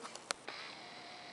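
A plastic feeding extension set tube is pushed into a gastrostomy button and turned to lock it in place. A faint tick comes at 0.2 s, a sharp click at 0.3 s, and a longer scraping rustle from about 0.5 s that fades into a low steady hiss. The extension set is locked onto the button.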